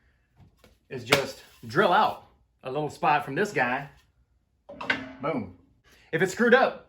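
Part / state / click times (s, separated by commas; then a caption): re-saw fence onto bandsaw fence rail / not seated / none. A shop-made re-saw fence is handled at the bandsaw's fence mounting rail after a spot has been drilled for its M8 screws, while someone talks throughout and a faint brief tap is heard near 0.6 s. Nothing has seated or clicked yet; the fence is not yet home by the end.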